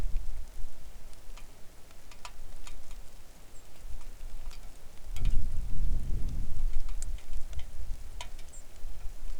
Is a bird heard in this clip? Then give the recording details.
yes. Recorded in the Arctic National Wildlife Refuge, Alaska, on 3 August 2019 at 10:08. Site 41